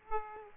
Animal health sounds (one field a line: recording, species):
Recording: mosquito wingbeat signal from an infrared sensor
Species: Aedes aegypti